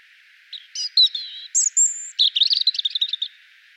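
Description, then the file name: European robin song: a brief phrase of wavering notes, a thin high whistle, then a fast tumbling trill. "Erithacus rubecula"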